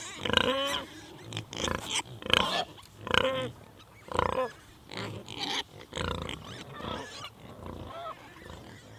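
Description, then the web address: Wild boar grunting and squealing, several animals calling over one another with sharp, high squeals and rough grunts in irregular bursts. A group of wild boar at a feeding place. "artenkabinett Wildschwein"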